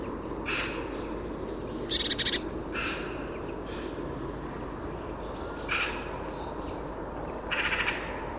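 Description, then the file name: Eurasian magpie making several short, harsh chattering bursts with gaps between them, over a steady low rumble of background noise. "Pica pica"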